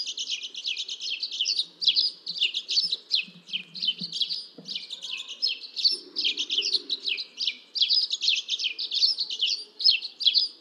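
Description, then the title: Dead Sea sparrow chirping in a fast, nearly unbroken stream of high, scratchy notes for the whole stretch. "Dead Sea Sparrow (Passer moabiticus)"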